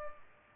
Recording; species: mosquito wingbeat signal from an infrared sensor; Culex pipiens